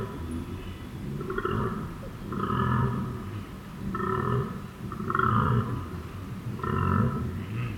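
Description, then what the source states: Koala bellowing: a series of snoring and rasping, belch-like pulses, roughly one every one to one and a half seconds. Recorded at night at Emu Creek, Benarkin, on 11 September 2018.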